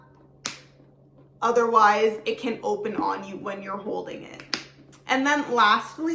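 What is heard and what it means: A magnetic button clasp on the flap of a croc-embossed leather YSL Medium Sunset handbag snaps shut with a single sharp click at 0.5 s, showing the clasp is properly closed; the snap has to be heard, otherwise the bag can open while being held. Someone then talks for the rest of the clip.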